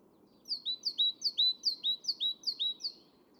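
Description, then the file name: Great tit song: a fast run of about seven high two-note phrases, each a sharp upper note dropping to a lower one, steadily repeated, with faint low hiss behind. "Parus major"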